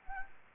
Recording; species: mosquito wingbeat signal from an infrared sensor; Anopheles gambiae